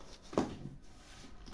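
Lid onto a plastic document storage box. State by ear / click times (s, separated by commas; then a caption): seated / 0.4 s. A lid is put back onto a plastic document storage box and clips into place with a short, sharp click at 0.4 s. A softer, longer sound follows at about 1.5 s, and the lid ends up clipped shut.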